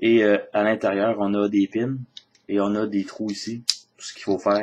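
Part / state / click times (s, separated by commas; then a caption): plastic plate with pins pressed into holes on a transforming toy figure / not seated / none. A plastic plate with pins is handled while transforming a plastic toy figure, about to be pressed into matching holes, as someone talks throughout. Nothing has seated or clicked yet.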